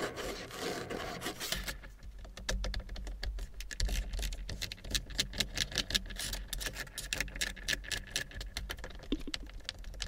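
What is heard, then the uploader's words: Tapping and scratching inside a car: a fast, irregular run of sharp little taps and rubbing scrapes fills nearly the whole ten seconds after a smoother, hissier opening second or so. A low rumble hums underneath throughout, with the tapping thinning briefly near the end. In my CAR tapping, scratching.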